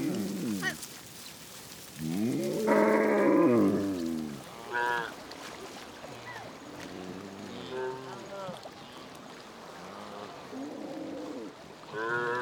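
Cattle crossing the Niger River call again and again, with a loud drawn-out bellow near three seconds, over steady water noise and voices.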